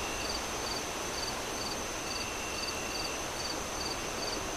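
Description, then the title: Crickets chirping in short high pulses, about two per second, with a thin steady tone above, all under loud rushing wind. Crickets chirping at night amid strong wind gusts through trees. "Relaxing Crickets Sounds On A Windy Night"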